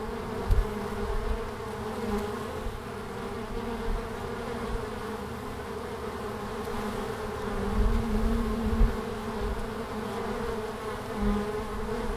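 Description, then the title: Honey bees droning, a continuous low buzz punctuated by louder passing bees. Bees in large numbers flying out at the hive entrance, Langel, Köln, Germany, in March at 20 °C during sunny hours; recorder placed directly below the entrance hole, some bees briefly caught on the windshield fur. "Langel, Köln, Deutschland - Bienen im März. Bees in march"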